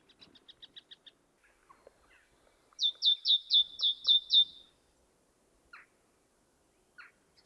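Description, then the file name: Great tit: soft rapid ticking, then a loud run of several high repeated notes, followed by a couple of brief lower chirps. "Parus major"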